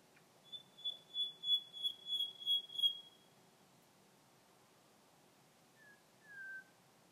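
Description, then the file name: Common nightingale song: a rapid series of about eight high, thin repeated notes, a pause, then two short, lower downslurred whistles. "Nachtigall Gesang"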